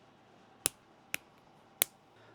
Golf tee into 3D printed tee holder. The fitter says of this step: And one of my favorite things about it is it actually gives you a very satisfying click into place.